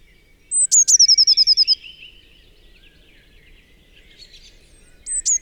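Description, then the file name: Eurasian blue tit: one high piercing note followed by a quick run of evenly spaced trilled notes, then faint twitters and the start of another burst. "Cyanistes caeruleus"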